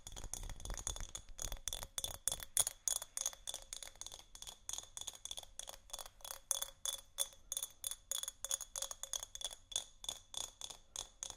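Textured glass is scratched and tapped in a quick, uneven stream of small bright clicks and scrapes, with a faint ringing tone running through them. The first few seconds are denser and busier; after that the taps come in more regular, spaced bursts.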